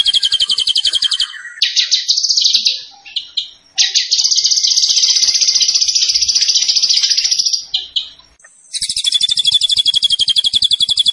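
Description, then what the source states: Zebra finch alternates shrill pulsed trills with long sustained high notes, broken by sudden gaps, ending in another rapid trill. Master recording for training cage birds; the zebra finches (burung tembakan) described as gacor, singing actively.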